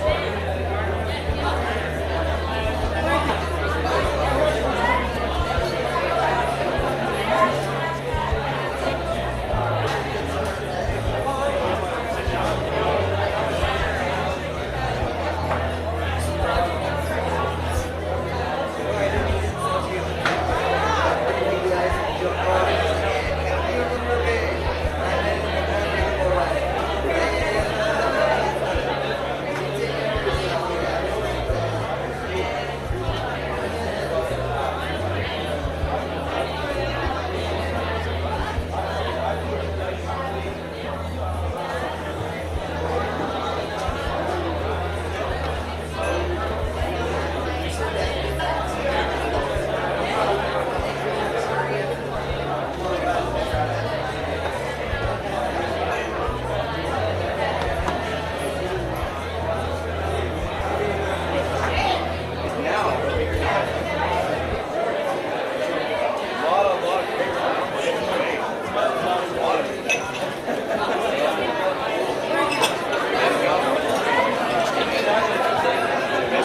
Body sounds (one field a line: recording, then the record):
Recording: background sound without coughing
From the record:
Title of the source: CITY SOUNDS Busy Bar in the Evening Night - 2 HOURS of Ambiance for Relaxation